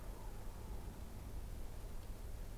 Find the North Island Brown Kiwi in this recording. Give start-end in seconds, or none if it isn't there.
none